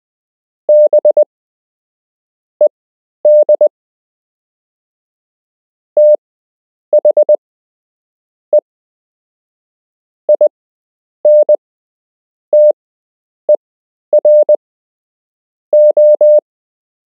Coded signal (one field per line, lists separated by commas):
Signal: Morse code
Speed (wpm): 20 wpm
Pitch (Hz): 600 Hz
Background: none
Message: BED THE INTERO